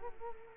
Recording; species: mosquito wingbeat signal from an infrared sensor; Culex quinquefasciatus